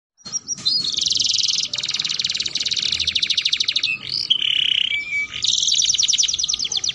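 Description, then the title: Atlantic canary song opening after a moment of quiet: a long fast trill, a brief whistled note, then another rapid rolling phrase. Belgian canary song used to stimulate other canaries into singing and to tutor young canaries. "Canto Para Esquentar Canário Belga. Suara Pancingan Kenari Gacor || Bagus Untuk Masteran Kenari Paud"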